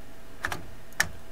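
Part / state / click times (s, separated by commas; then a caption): graphics card into motherboard PCIe slot / seated / 1.0 s. A graphics card, lined up with the motherboard's PCIe slot with the slot's retention bracket pushed down, is pressed in. Two light knocks are heard around 0.5 s, then a sharp, bright click at 1.0 s as the slot latch snaps. The card is seated.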